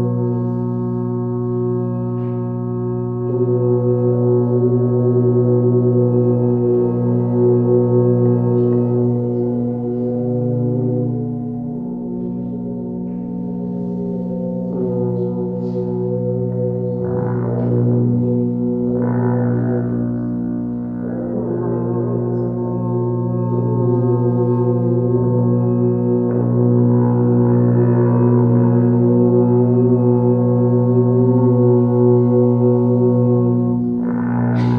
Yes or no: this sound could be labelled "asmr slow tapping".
no